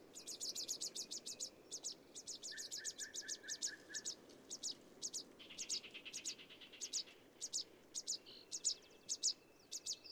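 Several birds singing together, high chirps and trills overlapping, with a short series of lower piping notes early on, over a steady background rush.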